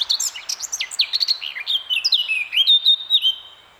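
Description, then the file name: Eurasian blackcap song: a hurried scratchy warble sliding into loud, clear, flute-like whistles that end the phrase. "Sylvia atricapilla"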